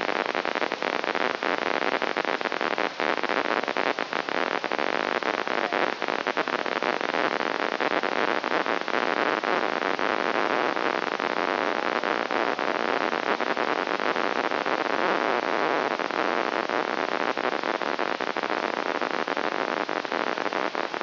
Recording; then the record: brain microelectrode recording played as sound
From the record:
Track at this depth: inside the subthalamic nucleus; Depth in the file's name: 3.708 mm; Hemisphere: left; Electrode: 2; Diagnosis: Parkinson's disease